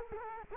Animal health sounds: mosquito wingbeat signal from an infrared sensor; Culex quinquefasciatus

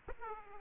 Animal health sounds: mosquito wingbeat signal from an infrared sensor; Aedes aegypti

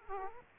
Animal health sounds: mosquito wingbeat signal from an infrared sensor; Aedes aegypti

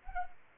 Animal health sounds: mosquito wingbeat signal from an infrared sensor; Anopheles arabiensis

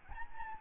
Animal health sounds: mosquito wingbeat signal from an infrared sensor; Aedes albopictus

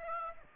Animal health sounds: mosquito wingbeat signal from an infrared sensor; Aedes aegypti

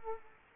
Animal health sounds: mosquito wingbeat signal from an infrared sensor; Culex quinquefasciatus

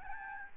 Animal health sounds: mosquito wingbeat signal from an infrared sensor; Aedes albopictus

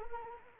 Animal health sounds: mosquito wingbeat signal from an infrared sensor; Anopheles arabiensis

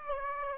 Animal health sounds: mosquito wingbeat signal from an infrared sensor; Aedes aegypti

